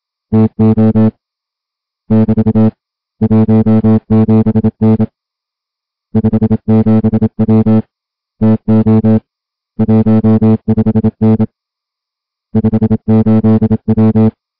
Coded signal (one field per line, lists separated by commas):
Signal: Morse code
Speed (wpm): 27 wpm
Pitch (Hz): 220 Hz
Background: music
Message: TO <BT> 17N 57W TO 15N 58W